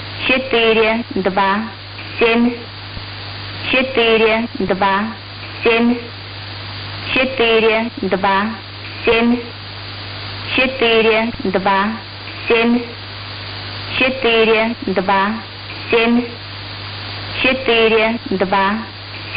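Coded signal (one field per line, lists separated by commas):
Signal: numbers station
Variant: S06s Russian Lady, Russian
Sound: female voice reading short evenly spaced words, likely numbers, with steady background hum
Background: radio static, low hum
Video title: 25 01 2022 Number station S06s Russian Lady in Russian to Eu 0730 on 7410 unknown tx site in CUSB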